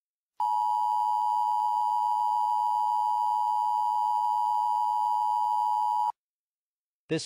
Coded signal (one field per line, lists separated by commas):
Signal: Emergency Alert System (SAME) tones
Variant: 853 and 960 Hz attention tone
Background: speech